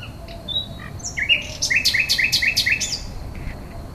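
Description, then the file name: Common nightingale singing a few soft whistled notes, then a fast run of several sharp repeated notes. "rossignol"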